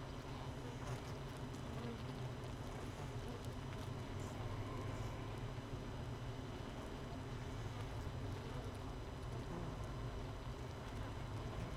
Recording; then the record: honeybee colony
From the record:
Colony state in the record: missing queen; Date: 31 May 2018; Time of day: 7:16